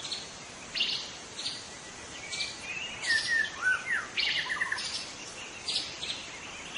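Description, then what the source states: White-rumped shama song with slurred, falling whistles and scattered sharp chirps, loosely repeated, against a constant background hiss. In forest.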